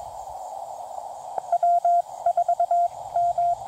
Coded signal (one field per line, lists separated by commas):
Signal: Morse code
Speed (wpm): 24 wpm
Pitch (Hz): 700 Hz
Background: radio noise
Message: W4M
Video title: CW QRP POTA | Redemption after first failed activation?!? #cw #qrp #hamradio